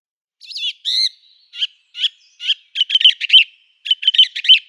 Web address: Schulze Peter Song Thrush song